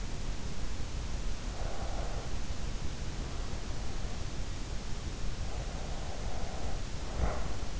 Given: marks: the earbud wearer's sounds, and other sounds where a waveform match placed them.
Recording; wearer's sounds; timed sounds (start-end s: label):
sounds in sleep by an in-ear microphone; breath
1.32-2.52 s: breath
5.28-7.80 s: breath